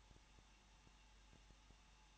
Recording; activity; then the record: daily activity, microphone in the room; no activity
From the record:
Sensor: 1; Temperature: 20.1 degrees Celsius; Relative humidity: 39.1%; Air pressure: 1006.5 hPa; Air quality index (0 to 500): 216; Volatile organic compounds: 73 ppm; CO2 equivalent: 3547 ppm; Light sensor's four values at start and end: 1/2/1/1 and 1/2/1/1